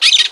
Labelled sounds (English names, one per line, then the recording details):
Brown-throated Parakeet contact call
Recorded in Margarita
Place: San Francisco, near stadium
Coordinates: 11.018, -64.294